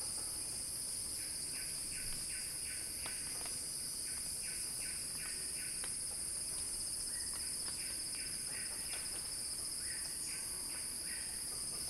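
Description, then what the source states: Cicada: an unbroken, intensely high buzzing hum, overlaid by short chirps in quick runs, pausing between runs. Cicada song described as a crescendo.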